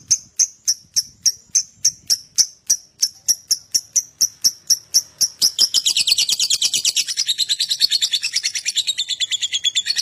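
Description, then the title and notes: Lovebird song: evenly spaced high chirps that quicken and merge after about six seconds into a continuous, harsh, rapid chatter. Adult lovebird singing actively (gacor), owor style. "#5. LOVEBIRD GACOR OWOR OWOR. Lovebird Dewasa"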